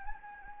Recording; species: mosquito wingbeat signal from an infrared sensor; Anopheles gambiae